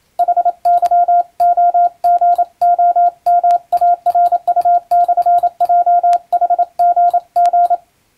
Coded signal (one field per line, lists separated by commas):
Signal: Morse code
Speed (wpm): 27 wpm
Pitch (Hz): 700 Hz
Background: none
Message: HYOGOMARU/JHGG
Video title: モールス符号を使った無線通信！今でもあります！国家試験があります、練習風景です。アマチュア無線の受信トレーニングに、YouTubeの再生速度を設定して聞こう！ morse code practice